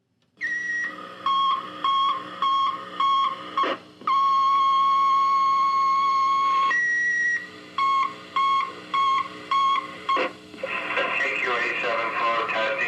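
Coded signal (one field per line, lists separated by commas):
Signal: pager alert tone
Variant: Plectron alerting receiver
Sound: harsh pulsed two-pitch alert tones, a long steady tone, more pulses, then noisy radio audio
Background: radio static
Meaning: Alert to volunteer firefighters to listen for a dispatch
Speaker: set the plectron off. And if I could please show you on this radio here, this is what would occur at that time. We would set the tone off and give them a dispatch.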